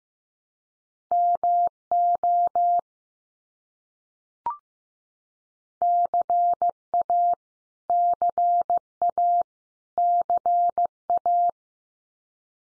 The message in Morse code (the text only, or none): MO CA CA CA